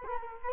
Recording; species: mosquito wingbeat signal from an infrared sensor; Culex quinquefasciatus